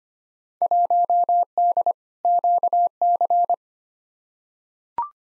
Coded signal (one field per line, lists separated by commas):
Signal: Morse code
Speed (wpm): 25 wpm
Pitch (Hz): 700 Hz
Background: none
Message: 1D QC